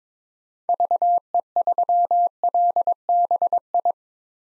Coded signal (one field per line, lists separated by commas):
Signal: Morse code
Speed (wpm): 21 wpm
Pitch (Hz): 700 Hz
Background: none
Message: VE3LBI